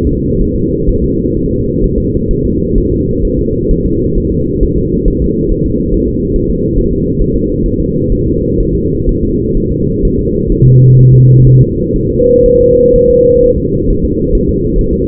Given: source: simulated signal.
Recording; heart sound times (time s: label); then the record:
fetal heart sounds
0.07 s: S2
0.41 s: S1
0.56 s: S2
0.89 s: S1
1.03 s: S2
1.37 s: S1
1.51 s: S2
1.84 s: S1
1.98 s: S2
2.31 s: S1
2.45 s: S2
2.78 s: S1
2.92 s: S2
3.25 s: S1
3.39 s: S2
3.71 s: S1
3.85 s: S2
4.18 s: S1
4.32 s: S2
4.63 s: S1
4.77 s: S2
5.08 s: S1
5.22 s: S2
5.52 s: S1
5.66 s: S2
5.94 s: S1
6.08 s: S2
6.36 s: S1
6.50 s: S2
6.78 s: S1
6.92 s: S2
7.22 s: S1
7.36 s: S2
7.66 s: S1
7.80 s: S2
8.12 s: S1
8.27 s: S2
8.60 s: S1
8.75 s: S2
9.09 s: S1
9.23 s: S2
9.57 s: S1
9.72 s: S2
10.05 s: S1
10.19 s: S2
10.52 s: S1
10.66 s: S2
10.99 s: S1
11.13 s: S2
11.47 s: S1
11.61 s: S2
11.96 s: S1
12.10 s: S2
12.46 s: S1
12.60 s: S2
12.96 s: S1
13.10 s: S2
13.44 s: S1
13.58 s: S2
13.90 s: S1
14.04 s: S2
14.35 s: S1
14.49 s: S2
14.79 s: S1
14.93 s: S2
From the record:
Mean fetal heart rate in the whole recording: 130 bpm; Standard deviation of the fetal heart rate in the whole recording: 4 bpm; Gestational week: 38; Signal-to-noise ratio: -14.7 dB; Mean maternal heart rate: 72 bpm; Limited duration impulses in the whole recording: present